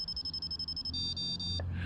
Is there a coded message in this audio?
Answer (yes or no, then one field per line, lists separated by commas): no